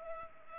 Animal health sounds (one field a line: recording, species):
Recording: mosquito wingbeat signal from an infrared sensor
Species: Culex pipiens